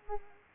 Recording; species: mosquito wingbeat signal from an infrared sensor; Culex quinquefasciatus